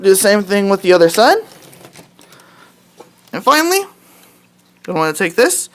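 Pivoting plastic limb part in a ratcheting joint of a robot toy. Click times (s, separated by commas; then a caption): 1.7 s, 2.2 s. Someone talks while, on the second side of a DX Diesel-Oh / Rail Assault Megazord robot toy, a plastic leg or arm piece is pulled out, pivoted and lowered in its ratcheting joint. Two sharp ratchet clicks sound at 1.7 s and 2.2 s, setting the limb down two clicks, the preferred choice over one. Talking resumes afterward.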